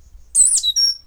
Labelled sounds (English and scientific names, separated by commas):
Stitchbird (Notiomystis cincta) song